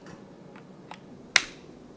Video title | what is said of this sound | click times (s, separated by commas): 53401 Preparing for Use | then plug the cable into the cable socket I heard it click yes you want to make sure you hear the cable click into place | 1.4 s